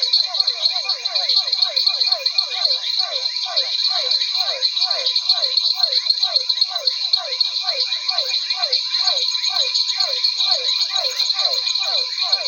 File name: Physalaemus cuvieri